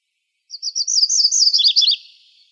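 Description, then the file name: MacGillivray's warbler song: a rapid series of buzzy chipping notes lasting about a second and a half, first part higher, ending in lower, rolling phrases; otherwise quiet. Recorded in Arizona on 17 May 2006. "MGWA 3 deviche"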